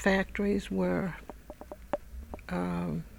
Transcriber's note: interference on microphone